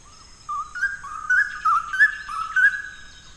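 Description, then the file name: Straw-headed bulbul singing a fluent run of warbled, liquid whistles that climb slightly and jump between notes, over a thin steady high tone. "Cucak Rawa"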